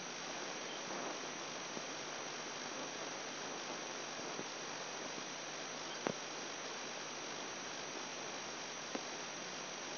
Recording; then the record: brain microelectrode recording played as sound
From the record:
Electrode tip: inside the subthalamic nucleus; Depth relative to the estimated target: 3 mm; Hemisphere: right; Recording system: AlphaMap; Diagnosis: Parkinson's disease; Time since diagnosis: 10 years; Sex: male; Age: 58 years